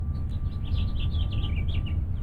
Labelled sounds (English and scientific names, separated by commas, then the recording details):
House Finch (Haemorhous mexicanus) song
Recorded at Woodmere on Long Island, New York, on 11 June 1975
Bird B